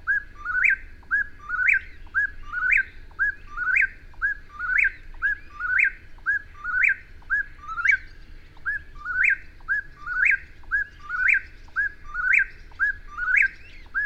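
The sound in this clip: Bird repeating a brief upward-swooping whistled phrase about every second, accompanied by faint high chirps and constant low background noise.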